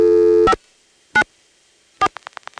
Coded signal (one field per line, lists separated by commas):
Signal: DTMF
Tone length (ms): 60 ms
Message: 594